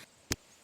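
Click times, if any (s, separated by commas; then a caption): 0.3 s. A large rigid metal bird band is squeezed shut from both sides around a leg, giving one sharp click at 0.3 s as its two ends overlap. This is only the first of two clicks, so the band is not yet in its final position.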